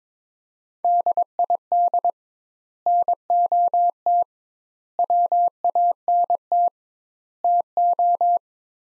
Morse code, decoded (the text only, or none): DID NOT WANT TO